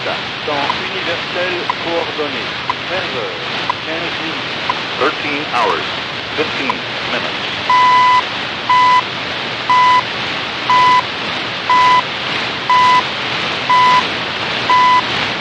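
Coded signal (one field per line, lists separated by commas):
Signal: radio time signal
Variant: CHU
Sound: hiss and fading static, then about 8 steady 1 kHz beeps, one each second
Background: radio static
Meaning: Each pulse marks one second of the time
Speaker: and now here's the sound as I'm driving away from the site with the signal fading away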